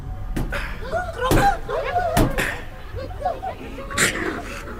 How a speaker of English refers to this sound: They went off as if they had received the last possible insult, as I continued to knock on the bronze panels.